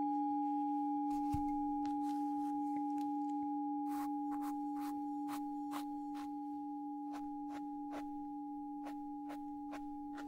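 A Tibetan singing bowl hums a steady, sustained ring while soft brushing strokes sweep across the ears in quick, regular bursts throughout.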